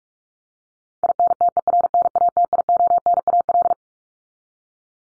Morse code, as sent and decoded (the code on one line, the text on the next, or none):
.. -. - . .-. -. .- - .. --- -. .- .-..
INTERNATIONAL